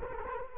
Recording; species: mosquito wingbeat signal from an infrared sensor; Culex quinquefasciatus